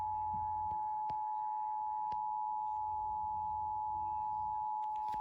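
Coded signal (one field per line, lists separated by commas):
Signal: Emergency Alert System (SAME) tones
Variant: 853 and 960 Hz attention tone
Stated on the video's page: New Jersey required monthly test aired on a TV station.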